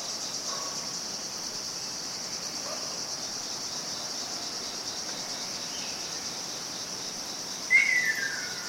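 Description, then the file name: Ruddy kingfisher call: one falling whistled trill near the end, against constant buzzing insects. "akashoubin"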